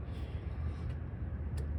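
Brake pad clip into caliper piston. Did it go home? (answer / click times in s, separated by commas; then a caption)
no / none. An inner brake pad is being handled and pressed toward a caliper piston so its spring retaining clip can engage the small jaw inside the piston. A steady low rumble runs throughout, with a brief faint tick near 1.6 s. Nothing has seated or clicked yet.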